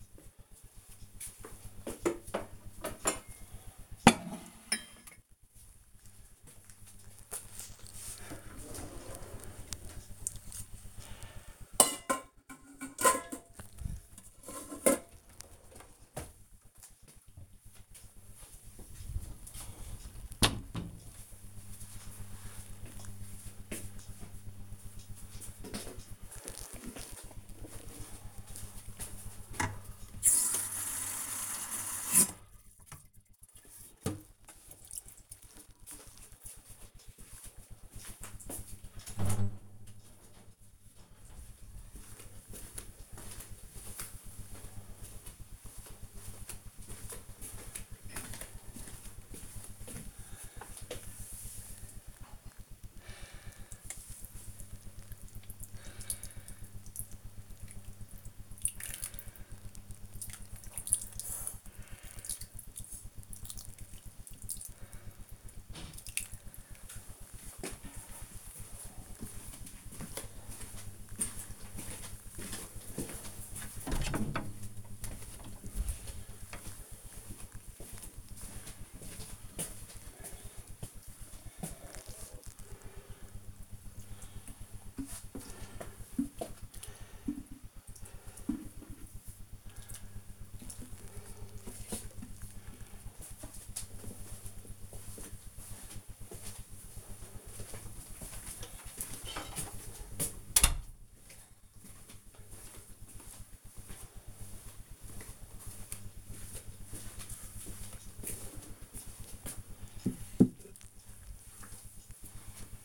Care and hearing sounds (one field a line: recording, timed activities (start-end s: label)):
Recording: household activities, microphone on the right wrist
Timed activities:
0.00-20.87 s: putting away the dishes
28.92-91.35 s: watering plant